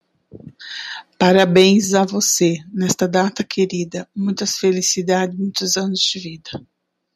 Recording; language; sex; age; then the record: short text; Brazilian Portuguese; male; 40 to 49 years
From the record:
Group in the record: control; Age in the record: 49 years